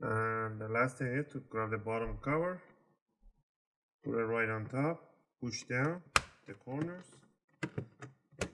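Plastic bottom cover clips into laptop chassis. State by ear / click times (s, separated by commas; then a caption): seated / 7.6 s, 8.4 s. Someone talks while the plastic bottom cover of an HP cw1012 laptop is placed on top and its corners are pushed down after a battery replacement. Sharp clicks are heard at 7.6 and 8.4 seconds as the cover's retaining clips snap into the laptop chassis and seat.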